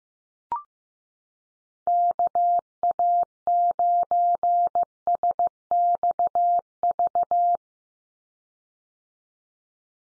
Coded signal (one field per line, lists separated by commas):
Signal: Morse code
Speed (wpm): 15 wpm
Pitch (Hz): 700 Hz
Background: none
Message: KA9SXV